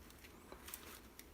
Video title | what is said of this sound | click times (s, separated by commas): Ultimate Franken Quest 2 installation | and then you're going to just want to snap it in until you hear it snap | 0.7 s